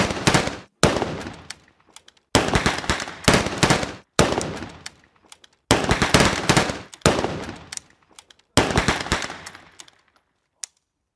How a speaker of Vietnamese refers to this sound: Những tiếng súng chát chúa vang lên như sấm xé nát bầu trời.